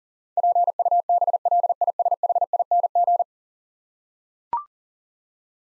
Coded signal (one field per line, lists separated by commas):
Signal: Morse code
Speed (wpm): 40 wpm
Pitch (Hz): 700 Hz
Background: none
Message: PUBLISHING